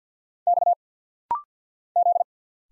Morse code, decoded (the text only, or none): X Z